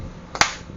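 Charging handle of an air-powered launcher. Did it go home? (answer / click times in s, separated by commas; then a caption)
yes / 0.4 s. The charging handle on an air-powered TC-68 launcher, charged to 1100 PSI, is worked and released to snap forward. A faint transient at 0.35 s leads into a sharp, loud, aggressive snap at 0.4 s. The handle seats home.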